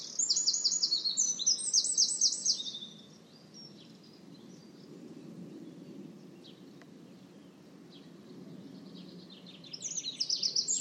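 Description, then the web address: Bird song: a loud burst of rapid, high twittering notes for about two and a half seconds, a quieter gap of faint chirps and low hum, then the twittering returns. "cianscape birddata Deverinetal 2025"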